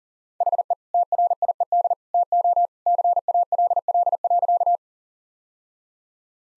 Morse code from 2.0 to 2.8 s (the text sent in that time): TO